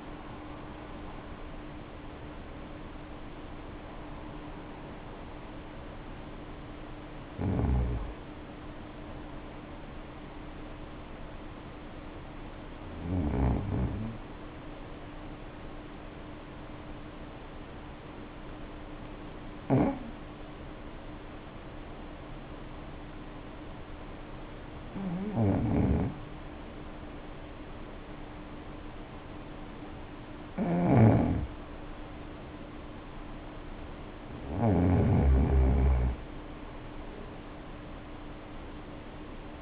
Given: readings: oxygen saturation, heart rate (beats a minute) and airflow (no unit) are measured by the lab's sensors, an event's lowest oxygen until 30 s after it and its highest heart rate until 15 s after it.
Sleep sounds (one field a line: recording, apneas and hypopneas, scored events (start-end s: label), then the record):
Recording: breathing in sleep by a voice recorder at the bedside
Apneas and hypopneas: 1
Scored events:
6.00-39.62 s: new sleep stage, N1 (lightest sleep)
14.00-34.20 s: obstructive apnea (N1, oxygen 96% highest, then 90% lowest, heart rate 50 at the start, 57 highest)
From the record:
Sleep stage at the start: REM sleep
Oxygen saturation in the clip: 82 to 96%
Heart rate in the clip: 49 to 77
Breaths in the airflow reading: 8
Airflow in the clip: -0.7 to 0.6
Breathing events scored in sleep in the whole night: 520 in 7.2 hours asleep